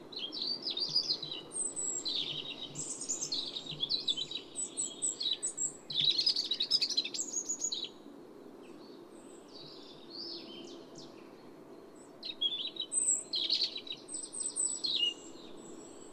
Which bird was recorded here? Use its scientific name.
Erithacus rubecula